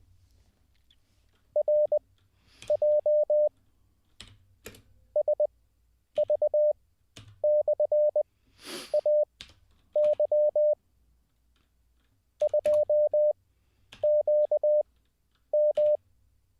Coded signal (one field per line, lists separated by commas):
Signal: Morse code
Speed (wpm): 20 wpm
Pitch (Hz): 600 Hz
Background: none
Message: RJ SV/AY 2QM